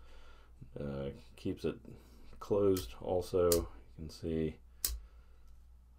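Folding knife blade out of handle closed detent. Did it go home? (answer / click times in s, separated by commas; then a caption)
released / 4.8 s. Someone talks while pushing the closed blade of a CJRB Kicker folding knife with Recoil-Lock against its detent. At 4.9 s the blade passes the detent and pops open out of the handle with a sharp click.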